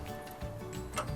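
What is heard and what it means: A ground (earth) wire connector is handled at the motor control unit of a front-load washer, with faint ticking handling sounds over steady background music. Nothing has seated or clicked yet; the clip ends just before the connector goes home.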